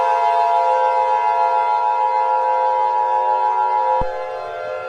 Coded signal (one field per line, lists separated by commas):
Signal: Emergency Alert System (SAME) tones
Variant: 853 and 960 Hz attention tone